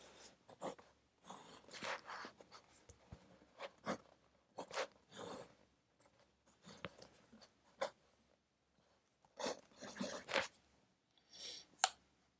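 A pencil scratches across paper in irregular bursts, each stroke lasting from a split second to about a second, separated by short pauses. A faint, steady low hum runs underneath throughout, and a few sharper taps stand out near the end.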